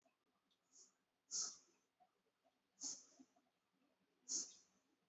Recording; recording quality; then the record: shallow breathing; excellent, no background noise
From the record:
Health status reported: healthy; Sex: male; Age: 23 years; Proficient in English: yes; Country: India